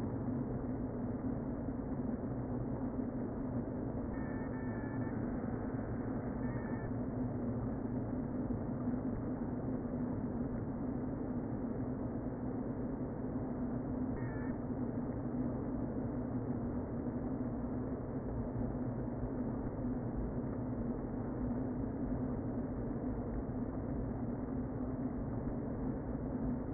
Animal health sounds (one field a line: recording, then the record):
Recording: honeybee colony, microphone inside the hive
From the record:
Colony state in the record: queen present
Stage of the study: before two queens were removed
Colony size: about 60,000 bees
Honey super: yes